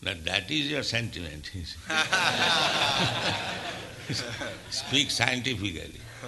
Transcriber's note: laughs